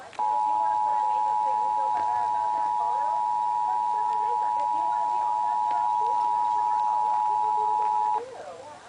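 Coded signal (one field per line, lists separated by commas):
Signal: Emergency Alert System (SAME) tones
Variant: 853 and 960 Hz attention tone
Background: speech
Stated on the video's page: 2023 national EAS test tones as they came through on various devices.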